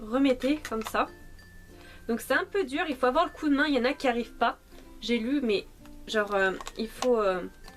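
Someone talks while pressing a small plastic Philips Satinelle Intimate "bikini" HP6565/20 epilator firmly down into its plastic charging holder/case, which is stiff and needs a push to lock so the epilator will charge. Nothing has seated or clicked yet.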